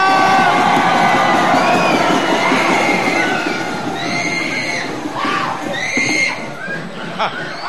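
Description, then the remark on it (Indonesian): A performer's supporters cheer and shout continuously, many voices overlapping in loud, excited whoops and high-pitched yells that rise and fall without pause. “Mana pendukungnya Dana?”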